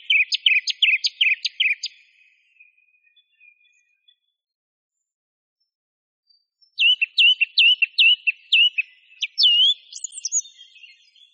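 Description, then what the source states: Song thrush song with a rapid cluster of repeated sharp notes, a pause, then loud ringing notes repeated several times ending in high twisting whistles. Masteran recording for training songbirds.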